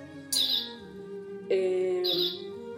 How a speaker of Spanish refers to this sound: ¿Qué es el ruido? Es un pajarito, siempre me pasa lo mismo. El reloj. Ah, creo que sí, como un cucú.